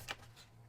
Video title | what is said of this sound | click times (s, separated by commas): FCX24 - The FMS Max Smasher Box Opening, Review and First Run! The Best 2022 RC Christmas Gift!!! | I love it I think it's super easy to use snaps right in there it's a little harder on the butcher for sure but | 0.1 s